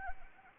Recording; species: mosquito wingbeat signal from an infrared sensor; Anopheles arabiensis